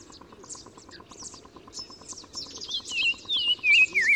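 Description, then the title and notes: Black-crowned tchagra whistles enter halfway, loud slurred notes descending in steps, after a stretch of rapid ticking and high twittering from other birds. Recorded 15 March 2000 in spring at Oued Massa, Morocco, in gardens around Zaouit Massa village at the river mouth; sings in hedges and bushes a repeated phrase; Nagra Ares BB, Telinga pro6. "OISEAU TELEPHONE. 15 mars 2000-Oued Massa - Maroc. le Téléphone tchagra (Tchagra senegalus - Black-crowned Tchagra) qui se fait remarquer par sa phrase répétée du plus bel effet"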